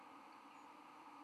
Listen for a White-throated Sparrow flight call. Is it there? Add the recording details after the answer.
no. Another species' flight call is heard. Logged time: 05:40 on 13 November 2014